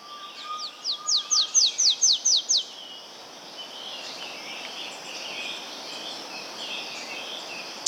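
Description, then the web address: Golden-bellied warbler gives a fast, even series of high, falling notes that ends within three seconds, then a steady high hiss of background noise. Andean bird of South America. "Natures Songs S America Andean Birds. Golden-Bellied Warbler (Basileuterus Chrysogaster)"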